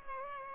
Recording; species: mosquito wingbeat signal from an infrared sensor; Culex pipiens